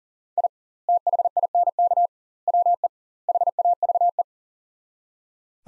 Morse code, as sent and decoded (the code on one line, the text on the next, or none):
.. / - .... .. -. -.- / .-- . / .... .- ...- .
I THINK WE HAVE